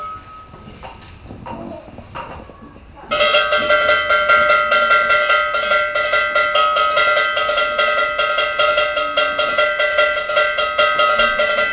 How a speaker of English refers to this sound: is going to ring the bell to get everybody attention that a phenomenal process is beginning to start.